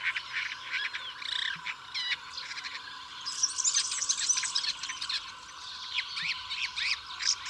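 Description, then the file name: Woodchat shrike song, scratchy twittering phrases with a burst of high, squeaky chatter in the middle, continuing steadily. "woodchat shrike omkicau"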